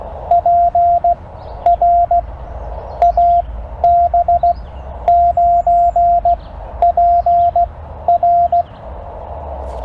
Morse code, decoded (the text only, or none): PR AB9PR